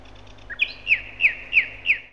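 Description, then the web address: Common nightingale song phrase: a short low note followed by five loud slurred notes, repeated about every third of a second. "gerlof. nachtegaal"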